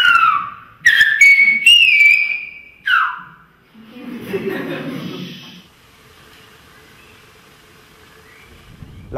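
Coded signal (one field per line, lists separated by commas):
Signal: whistled language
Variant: Silbo Gomero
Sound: several loud whistled glides rising and falling around 1-3 kHz, then quiet background murmur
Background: faint voices, room noise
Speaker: students practice it All the way through high school and after 10 years prove a firm grasp of the Language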